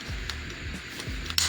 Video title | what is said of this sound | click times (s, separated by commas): SXS Blog Turned Me Into The Stig - Simpson Safety Components Initial Impressions | And now I'm latched in the car. | 0.3 s, 1.4 s